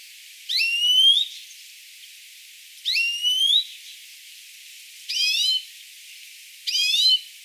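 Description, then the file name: European greenfinch calls, rising drawn-out nasal notes with harmonics, four calls spaced about two seconds apart, the later two more rapidly trilled. "Chloris chloris"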